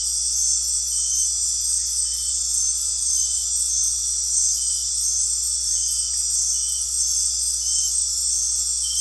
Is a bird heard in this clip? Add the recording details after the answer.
no. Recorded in dense forest near Puerto Asís, Putumayo, Colombia, on 8 March 2025 at 19:30. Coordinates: 0.503, -76.323. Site GP09